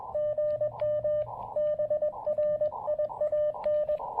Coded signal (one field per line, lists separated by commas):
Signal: Morse code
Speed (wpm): 21 wpm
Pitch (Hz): 600 Hz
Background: radio noise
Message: GM BRIAN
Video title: Getting to Know You: The Elecraft KX2 QRP Field Transceiver--my thoughts and a POTA activation!